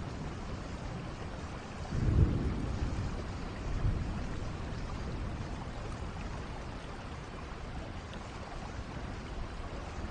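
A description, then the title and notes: Heavy rain pours down in a steady, dense wash across the whole clip. Around two seconds a deep, low rumble swells up and rolls on until about four seconds, like thunder, before the rain settles back to its even roar. Thunder and Heavy Rainfall "Rain Sounds" Ambient Nature Sounds.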